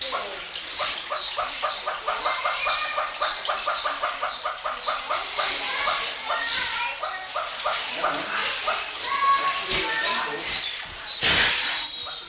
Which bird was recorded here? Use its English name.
Northern Red-billed Hornbill